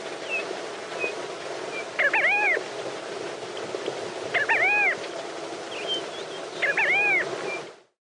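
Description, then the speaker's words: Namaqua sandgrouse call: three bubbling, arching phrases spaced a little over two seconds apart, with faint short high notes in the background. Namaqua sandgrouse call, one of the best-known field sounds in the western parts of South Africa; its Afrikaans name kelkiewyn comes from this call. "Ek dink die kelkiewyn se roep is een van die mees bekende veldgeluide, definitief hier in die westelike dele van die land."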